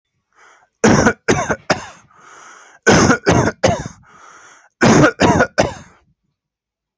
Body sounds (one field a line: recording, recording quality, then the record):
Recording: heavy voluntary cough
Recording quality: excellent, no background noise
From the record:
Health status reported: healthy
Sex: male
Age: 31 years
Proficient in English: yes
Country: India